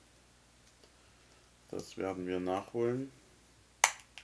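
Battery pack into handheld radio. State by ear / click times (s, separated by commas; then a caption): seated / 3.8 s. A battery pack is pushed up onto a Baofeng GT3 Mark2 handheld radio after it was found not properly latched. Someone talks from about 1.7 to 3.1 s, then a sharp click at 3.8 s marks the pack seating properly, with a fainter tick at 4.2 s.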